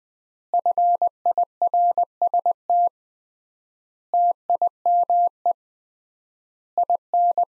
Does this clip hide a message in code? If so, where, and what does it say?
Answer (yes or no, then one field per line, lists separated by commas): yes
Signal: Morse code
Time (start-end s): 0.5-7.4 s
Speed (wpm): 20 wpm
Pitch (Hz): 700 Hz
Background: none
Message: FIRST TIME IN